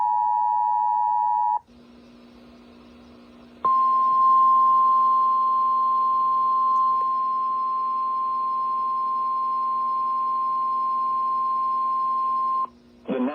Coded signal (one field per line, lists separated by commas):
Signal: Emergency Alert System (SAME) tones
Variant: 853 and 960 Hz attention tone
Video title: EAS Severe Thunderstorm Warning recorded on WXL70 and relayed on WLNK 107.9 - 7/27/2025